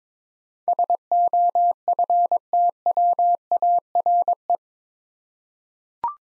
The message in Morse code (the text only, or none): SOFTWARE